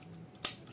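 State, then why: Seated. A plastic wing part is pushed onto a mini 4WD chassis from a Jiepin Spin Axe kit. It snaps into place with a single sharp click at 0.4 seconds, and the part is locked in place. No one talks.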